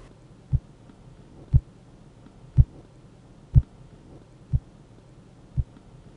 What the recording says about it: Once you begin to slowly deflate the cuff the first time that you hear a ticking sound. This will be your systolic blood pressure number. When you can no longer hear any sound, that will give you your diastolic blood pressure number.